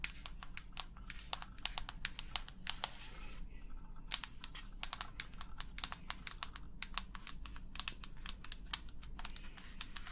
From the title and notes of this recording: ASMR 100% Tapping for the BEST Sleep & Tingles long nails, no talking.